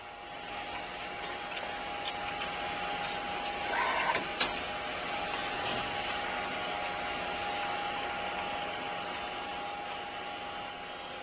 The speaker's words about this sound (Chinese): 当影印机所发出嚟嘅声音停止嘅时候，佢就出现啦。